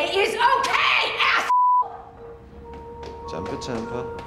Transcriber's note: beep